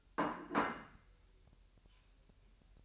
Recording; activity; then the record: daily activity, microphone in the room; place plate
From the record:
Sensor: 2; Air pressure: 1001.9 hPa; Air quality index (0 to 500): 248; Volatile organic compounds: 39 ppm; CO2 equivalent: 3136 ppm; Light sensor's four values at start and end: 8/28/11/10 and 8/28/11/10